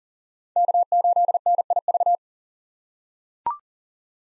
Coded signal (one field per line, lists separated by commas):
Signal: Morse code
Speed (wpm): 40 wpm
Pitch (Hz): 700 Hz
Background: none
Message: K8NIV